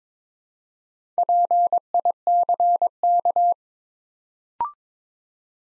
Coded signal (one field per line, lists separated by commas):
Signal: Morse code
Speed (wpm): 23 wpm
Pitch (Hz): 700 Hz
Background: none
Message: PICK